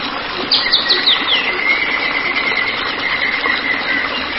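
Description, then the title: White-rumped shama song: a few quick high descending whistles, then one long steady whistled note held for about three seconds over a hissy, busy background. "Kicau Murai Batu"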